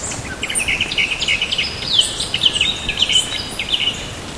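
Bird calls, a rapid string of high chirps and short buzzy notes tumbling one after another over constant background hiss.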